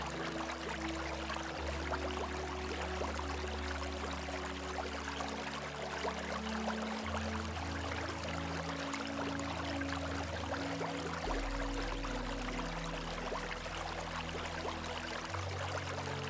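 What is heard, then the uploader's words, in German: A river flows with a steady, dense rush of water that never lets up, set against soft music. Low, sustained chords and bass notes hold underneath and shift every few seconds, around 2, 7, 11 and 15 seconds, while the water stays constant. Der Fluss einer RIVER mit Sanfter MUSIK, die Deinen SCHLAF Wiegt.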